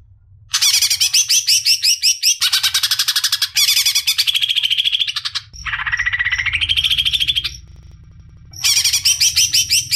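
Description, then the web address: Greater green leafbird song: fast, loud chattering bursts of high notes, shifting between trilled phrases and a rising buzzy run, with brief pauses between bursts. "suara burung cucak ijo"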